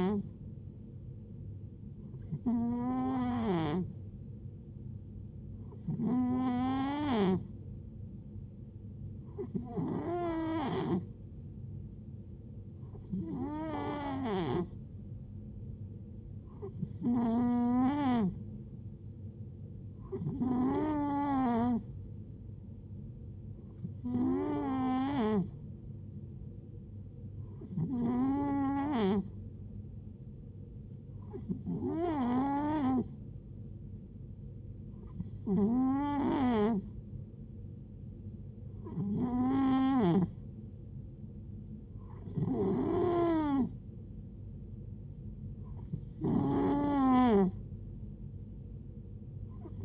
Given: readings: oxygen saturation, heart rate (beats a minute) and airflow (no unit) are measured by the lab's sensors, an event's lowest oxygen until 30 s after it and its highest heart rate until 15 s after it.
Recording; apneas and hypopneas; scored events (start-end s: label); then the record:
breathing in sleep by a smartphone at the bedside; none
none scored
From the record:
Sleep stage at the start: N2 (light sleep); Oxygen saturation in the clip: 90 to 91%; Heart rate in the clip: 60 to 75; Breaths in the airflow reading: 14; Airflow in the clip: -4.8 to 3.8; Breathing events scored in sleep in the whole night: 389 in 6.3 hours asleep